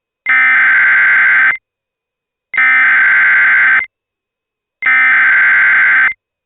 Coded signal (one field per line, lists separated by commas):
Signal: Emergency Alert System (SAME) tones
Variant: header bursts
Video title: The Motown Flash Flood Event | EAS Mock #24